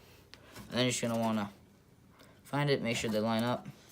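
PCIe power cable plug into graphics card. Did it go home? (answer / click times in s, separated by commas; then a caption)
no / none. A six-plus-two pin PCIe power cable plug is handled and lined up with the power socket on a graphics card while someone talks, with a brief faint tick near 0.3 s. Nothing has seated or clicked yet.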